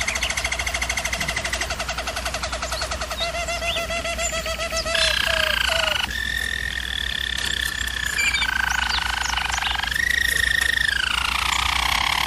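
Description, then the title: German Roller canary song: a fast pulsed rattle, then held hollow rolling notes stepping between pitches, one ending in a downward glide. German Roller canary singing, used for canary training. "German Roller Canary Singing - Canary Training Vid"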